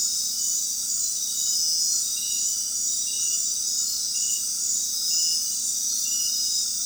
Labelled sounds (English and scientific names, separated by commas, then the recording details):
none
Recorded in dense forest near Puerto Asís, Putumayo, Colombia, on 21 February 2024 at 19:30
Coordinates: 0.466, -76.327
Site G6413